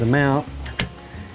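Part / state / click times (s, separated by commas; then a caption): camera quick-release mount into tripod clamp base / seated / 0.8 s. Someone talks briefly as an action camera quick-release mount is slid into a tripod clamp base, with a faint sound at 0.7 s. A sharp snap at 0.8 s marks the mount seating, and the rubber piece on the back locks it in place.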